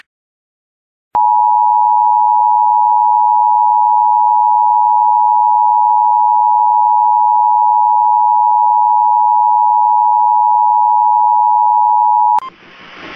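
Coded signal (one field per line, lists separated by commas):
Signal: Emergency Alert System (SAME) tones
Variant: 853 and 960 Hz attention tone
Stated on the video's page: Real EAS tornado warning.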